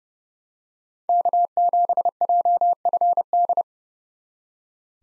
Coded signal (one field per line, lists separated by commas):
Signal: Morse code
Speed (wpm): 29 wpm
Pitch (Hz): 700 Hz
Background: none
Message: K7JFD